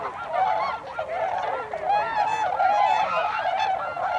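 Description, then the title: Tundra swans giving loud bugling hoots in a dense chorus, several long mellow notes rising above the rest. 26 December 2020. "2020-12-26-Tundra-Swans"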